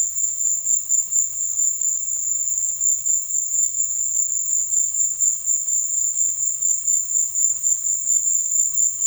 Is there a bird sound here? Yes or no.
no